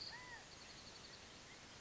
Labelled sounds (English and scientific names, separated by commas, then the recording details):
California Quail (Callipepla californica)
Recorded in Sonoma County, California